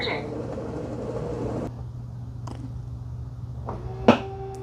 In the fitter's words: There's the clunk. Now the mop pads are removed.